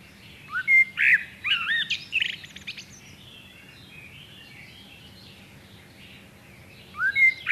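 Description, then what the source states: Common blackbird giving rich whistled phrases with rising and falling notes, then high twittery ends. A quiet gap follows before another phrase begins. A low hum is present throughout. Nominate subspecies Turdus merula merula.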